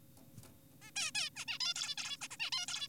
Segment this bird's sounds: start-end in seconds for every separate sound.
0.82-0.91, 0.96-1.11, 1.15-1.30, 1.36-1.45, 1.48-1.58, 1.61-1.74, 1.76-1.95, 1.98-2.17, 2.21-2.28, 2.31-2.37, 2.40-2.50, 2.52-2.66, 2.68-2.88